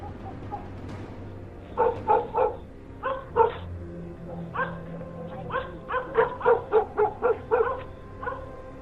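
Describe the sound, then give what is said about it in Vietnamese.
Dogs bark at night at the edge of a village where a river flows past, short sharp yaps in bursts in an irregular rhythm that grows denser toward the end, with a faint low hum underneath and no talking. “Người ta chỉ biết hàng đêm ở đầu làng, chỗ con sông chảy qua, thỉnh thoảng nghe tiếng chó cắn ma cứ nhấp nhà nhấp nhặng.”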